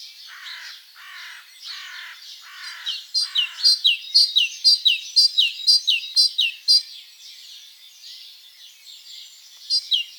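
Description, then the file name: Great tit song: loud two-note phrases repeated about twice a second from the fourth second, after a few softer descending slurred notes. "Parus major"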